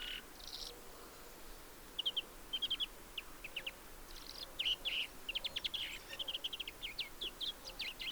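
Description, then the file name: European greenfinch calls: bursts of fast twittering notes and brief rattling trills, repeated irregularly throughout against quiet background hiss. "Chloris chloris"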